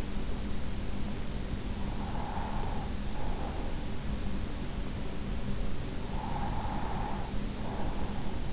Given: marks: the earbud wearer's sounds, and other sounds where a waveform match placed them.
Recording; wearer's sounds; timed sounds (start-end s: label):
sounds in sleep by an in-ear microphone; breath
1.76-4.19 s: breath
6.02-8.53 s: breath